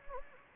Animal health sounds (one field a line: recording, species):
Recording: mosquito wingbeat signal from an infrared sensor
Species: Anopheles gambiae